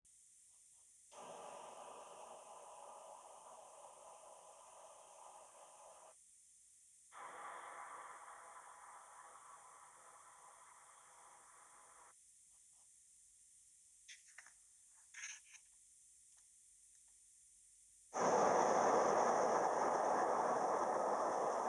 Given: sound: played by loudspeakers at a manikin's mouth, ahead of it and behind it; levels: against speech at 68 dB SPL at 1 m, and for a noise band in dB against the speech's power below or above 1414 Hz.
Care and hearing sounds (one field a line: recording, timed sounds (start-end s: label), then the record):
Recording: test signals for a remote microphone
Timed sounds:
1.11-6.11 s: speech-spectrum noise from ahead
7.11-12.11 s: speech-spectrum noise from behind
18.11-21.69 s: speech-spectrum noise from the mouth, turned 45 degrees left
From the record:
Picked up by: remote microphone B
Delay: 24 ms